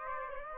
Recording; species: mosquito wingbeat signal from an infrared sensor; Aedes aegypti